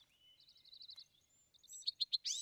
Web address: songs Bewick's Wren